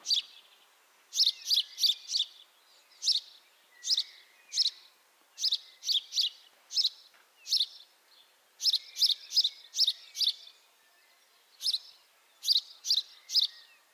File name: Passer domesticus